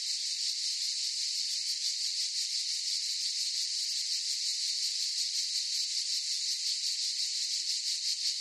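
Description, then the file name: Cicadas calling together, a shrill continuous sizzle with rapid pulsing swells and no other clear sounds. Chorus of several cicadas in a forest. "gain walkers CICADAS Forest Chorus"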